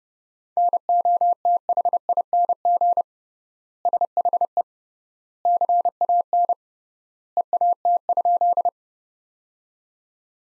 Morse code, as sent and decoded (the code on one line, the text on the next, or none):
-. --- - .... .. -. --. / ... .... . / -.-. .- -. / . .- - ..--..
NOTHING SHE CAN EAT?